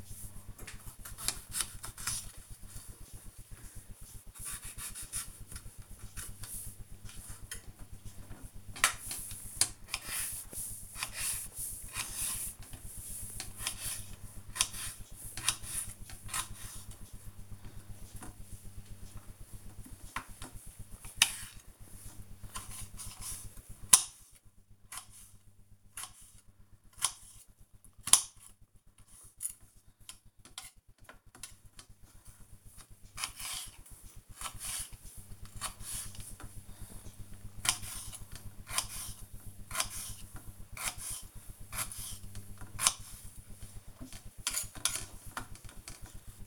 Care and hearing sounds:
household activities, microphone on the right wrist
0.00-46.47 s: cutting vegetables

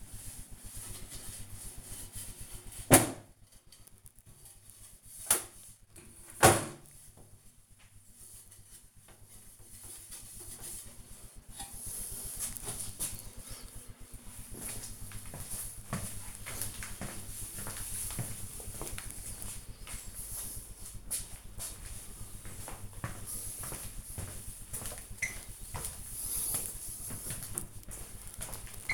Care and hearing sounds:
household activities, microphone on the right wrist
0.00-28.94 s: cleaning the cupboard
0.00-28.94 s: kitchen

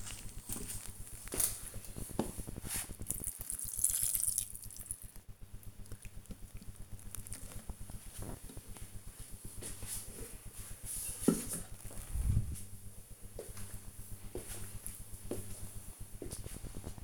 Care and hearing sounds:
household activities, microphone on the right wrist
0.00-8.85 s: watering plant

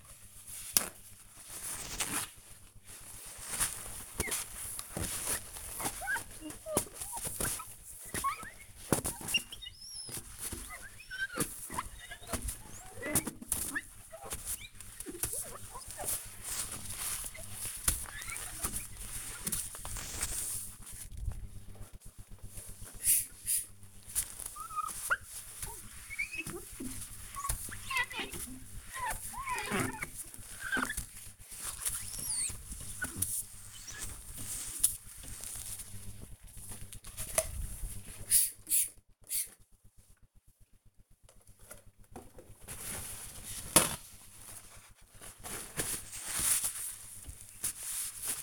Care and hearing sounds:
household activities, microphone on the right wrist
0.00-48.43 s: window cleaning

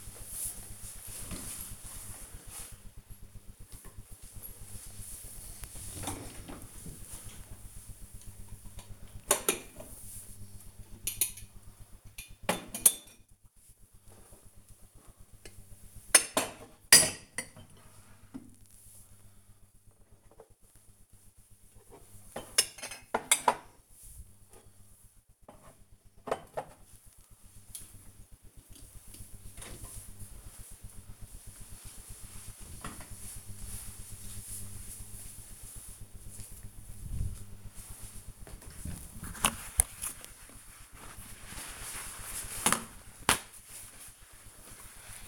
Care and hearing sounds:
household activities, microphone on the right wrist
2.97-29.17 s: putting away the dishes
38.26-45.28 s: window cleaning

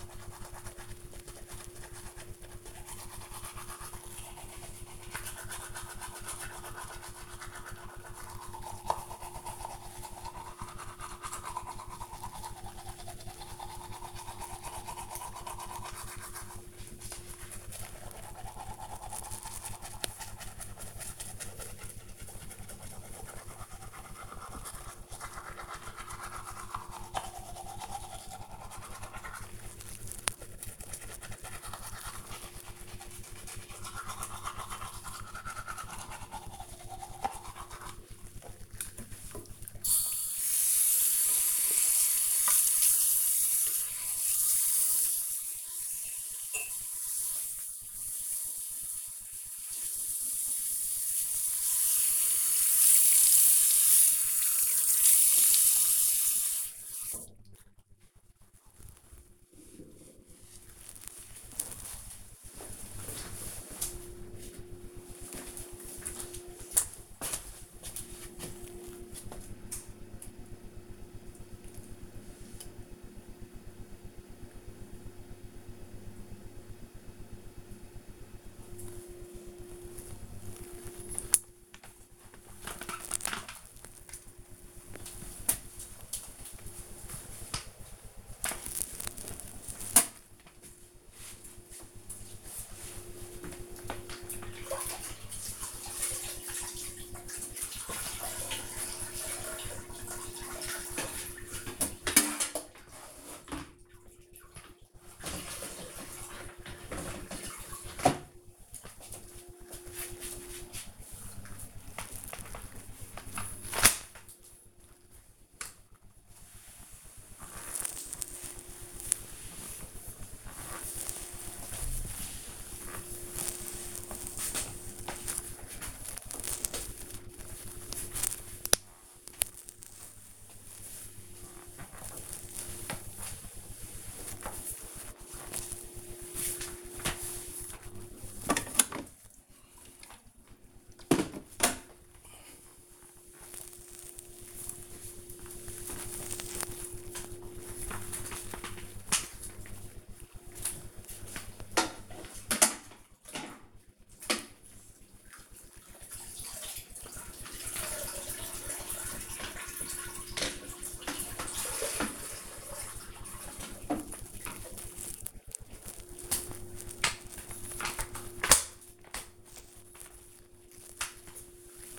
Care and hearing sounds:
household activities, microphone on the right wrist
0.00-57.73 s: brushing teeth
80.91-171.99 s: floor cleaning

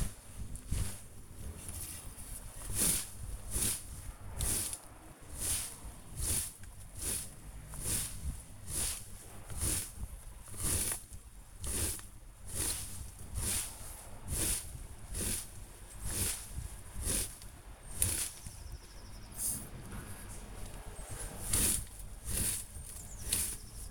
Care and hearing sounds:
household activities, microphone on the right wrist
0.00-23.91 s: gardening with a rake

